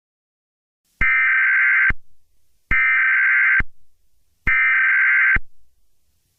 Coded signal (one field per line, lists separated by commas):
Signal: Emergency Alert System (SAME) tones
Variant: header bursts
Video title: EAS Scenario #3.3 - Wonder of U